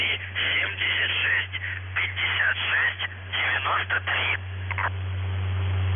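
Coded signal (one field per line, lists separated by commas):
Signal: coded military voice message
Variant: UVB-76, Russian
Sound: a voice over radio reading a short string of words and numbers, then hiss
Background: radio static, low hum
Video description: Callsign: NZhTI (НЖТИ) Message text: 59 398 TEGOChYeK (ТЕГОЧЕК) 93 76 56 93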